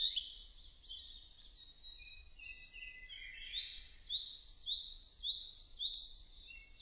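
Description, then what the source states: Narcissus flycatcher song: high whistled phrases, then a rhythmic series of repeated rising notes, about two per second, over a steady low background hiss. Recorded 2 May 2005.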